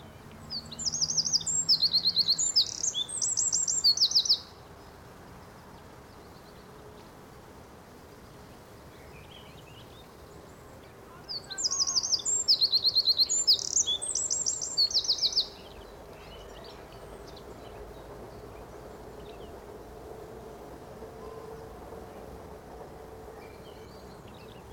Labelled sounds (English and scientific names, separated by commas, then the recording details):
Eurasian Wren (Troglodytes troglodytes)
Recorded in the wild
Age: adult
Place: Friedhof Niederschönhausen III, Berlin, DE
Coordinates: 52.571, 13.386
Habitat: Stadtfriedhof
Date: 1992-05-03 11:42
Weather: wolkig, 11°C
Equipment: Nagra SN, Mikrofon AKG CK 8, Kopie Tesla B 116
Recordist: Tembrock, Günter
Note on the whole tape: Friedhof III; Gesang, etwa 7 Strophen